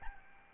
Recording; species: mosquito wingbeat signal from an infrared sensor; Aedes albopictus